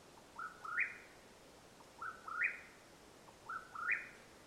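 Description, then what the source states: Mexican whip-poor-will delivering three whistled phrases, each a brief low note followed by two rising slurs, spaced about one and a half seconds apart. Calling at nightfall, Madera Canyon, Arizona, USA, 21 April 2022.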